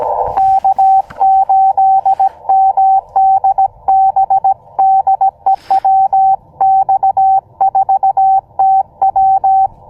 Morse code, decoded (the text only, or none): K8MDB DE WX4TW